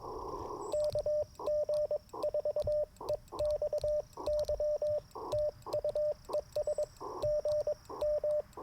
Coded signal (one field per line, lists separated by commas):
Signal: Morse code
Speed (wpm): 22 wpm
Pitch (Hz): 600 Hz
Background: radio noise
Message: KG4EXY TU ES GM